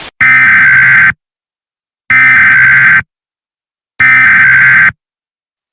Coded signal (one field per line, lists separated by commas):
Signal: Emergency Alert System (SAME) tones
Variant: header bursts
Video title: Emergency Alert System - ClawHawk